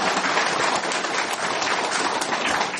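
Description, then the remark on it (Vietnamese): The audience at a Buddhist Dharma talk applauds to welcome and congratulate the visiting monk lecturer, many hands clapping in a dense, even roar of claps that holds at a fairly loud level for about three seconds without voices. “Đại chúng cho một tràng pháo tay để chúc mừng.”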